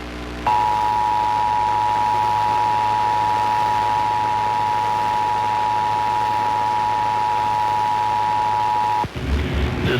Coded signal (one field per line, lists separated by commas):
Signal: Emergency Alert System (SAME) tones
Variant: 853 and 960 Hz attention tone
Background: speech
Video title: NORTH CAROLINA USES IPAWSCAP FOR CAE!? - NC AMBER ALERT (02/13/2022) - EAS #23